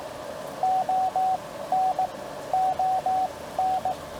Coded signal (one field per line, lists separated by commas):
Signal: Morse code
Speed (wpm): 17 wpm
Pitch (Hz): 690 Hz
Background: radio noise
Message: O N ON